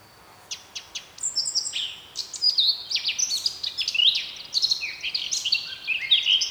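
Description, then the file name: Eurasian blackcap song: a few sharp ticking notes lead into a lively warble of varied high whistles and slurred phrases lasting several seconds. "Sylvia atricapilla"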